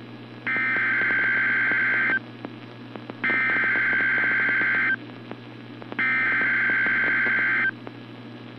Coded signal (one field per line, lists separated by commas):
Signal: Emergency Alert System (SAME) tones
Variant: header bursts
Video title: Real EAS #322 - SVA